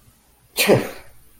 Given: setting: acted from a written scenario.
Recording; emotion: vocal sound without words; amusement